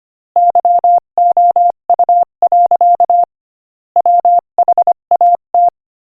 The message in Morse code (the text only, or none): YOU. WHAT